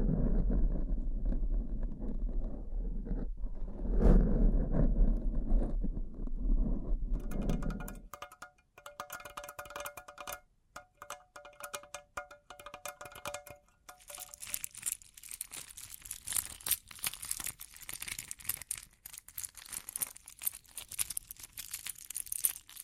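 Bling triggers: for the first eight seconds a low rumbling rustle dominates, then gives way to bright, glittering jingles and tinkling chimes with steady tones. Around fifteen seconds the sound turns into dense, crisp crinkling and scratching, fast and continuous to the end.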